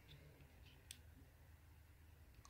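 A snap button on a wallet's closure flap is barely touched and pops open, giving a faint click at 0.9 s. It releases far too easily, falling open with only a light touch. A low background hum runs throughout.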